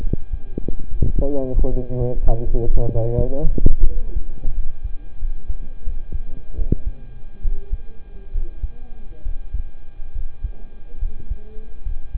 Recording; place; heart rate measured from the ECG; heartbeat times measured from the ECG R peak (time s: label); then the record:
heart sounds by stethoscope; between the tricuspid and mitral areas; 77 bpm
0.87 s: heartbeat
1.67 s: heartbeat
2.43 s: heartbeat
3.17 s: heartbeat
3.86 s: heartbeat
4.53 s: heartbeat
5.18 s: heartbeat
5.83 s: heartbeat
6.55 s: heartbeat
7.41 s: heartbeat
8.31 s: heartbeat
9.22 s: heartbeat
10.11 s: heartbeat
10.98 s: heartbeat
11.82 s: heartbeat
From the record:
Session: rest, sitting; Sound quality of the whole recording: good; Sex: male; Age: 27 years